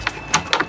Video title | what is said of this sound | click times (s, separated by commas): 5 MINUTE INSTALL - GAS STRUTS - 2003 CHEVY TAHOE TAILGATE | And you'll hear it click in. | 0.5 s